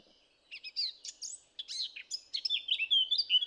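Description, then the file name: Eurasian blackcap song, scratchy chattering notes at first, building into a quicker, brighter warble with fluty whistles toward the end. "Sylvia atricapilla"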